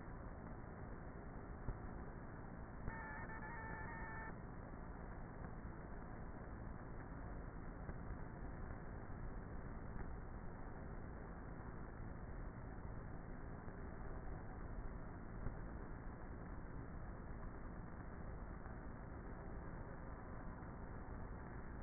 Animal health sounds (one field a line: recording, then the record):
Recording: honeybee colony, microphone inside the hive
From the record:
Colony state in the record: queenless with a low population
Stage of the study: before two queens were removed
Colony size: about 30,000 bees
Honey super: no